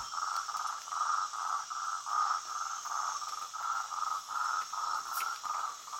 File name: Rhinella martyi